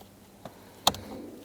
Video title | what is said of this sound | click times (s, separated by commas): How to Replace Ignition Starter Switch 2012-2017 Hyundai Accent | Now we can connect our connector. Push it on until it clicks. | 0.9 s